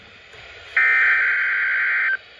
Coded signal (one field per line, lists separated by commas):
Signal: Emergency Alert System (SAME) tones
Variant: header bursts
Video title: EAS #395-398 SUCCESSFUL Live Voice Weekly Test